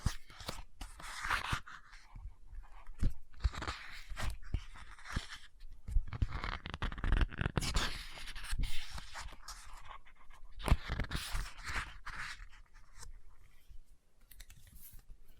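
Fingers tap and scratch at a book, with busy bursts of rustling and sharp taps scattered through the whole stretch. The scratching comes in dense, bright runs broken by short pauses. Louder flurries around the middle and near eleven seconds suggest pages being handled.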